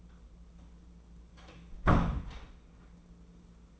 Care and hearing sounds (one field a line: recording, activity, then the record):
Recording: daily activity, microphone in the room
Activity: close door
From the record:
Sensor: 1